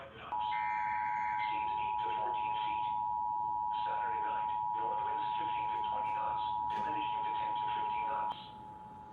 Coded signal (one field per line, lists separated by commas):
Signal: Emergency Alert System (SAME) tones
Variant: 853 and 960 Hz attention tone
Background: speech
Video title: IP - REQUIRED WEEKLY TEST - NO EAS